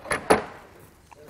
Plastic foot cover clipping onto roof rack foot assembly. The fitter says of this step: it just pops into place there's like a bar here at the bottom there's spaces to clip this plastic part into